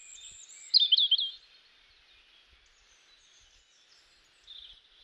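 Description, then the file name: European robin song: one short, bright burst of tinkling, trilled notes after a thin high whistle, followed by quiet background hiss and a faint closing phrase. "Erithacus rubecula"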